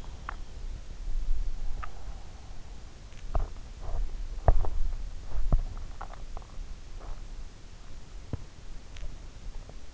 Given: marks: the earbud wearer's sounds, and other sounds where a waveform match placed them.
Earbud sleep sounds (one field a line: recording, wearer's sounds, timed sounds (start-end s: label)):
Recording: sounds in sleep by an in-ear microphone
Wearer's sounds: teeth grinding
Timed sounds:
0.00-2.14 s: teeth grinding
3.01-8.99 s: teeth grinding